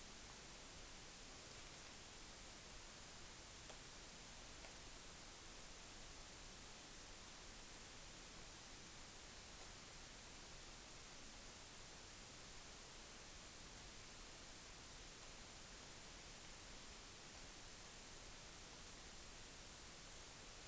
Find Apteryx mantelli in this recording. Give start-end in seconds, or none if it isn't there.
none